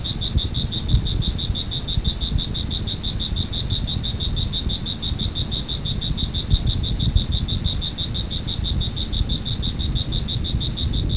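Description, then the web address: Cricket producing rapid, evenly spaced high chirps without pause, partly covered by a heavy low rumbling noise. "特酷声音素材库 动物 昆虫 蟋蟀"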